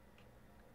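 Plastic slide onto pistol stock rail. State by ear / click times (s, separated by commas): seated / 0.2 s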